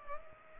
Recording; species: mosquito wingbeat signal from an infrared sensor; Culex pipiens